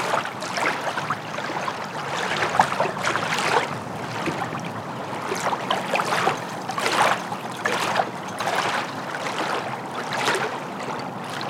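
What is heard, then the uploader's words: Water laps against the shore of Zukey Lake, a constant splashing wash with brighter slaps arriving every second or so. The rhythm is uneven, some laps stronger than others, and nothing else intrudes over the steady churn. Relaxing Lakeside Sunset Evening on Zukey Lake. Water laps on the shore of Zukey Lake as the sun sets.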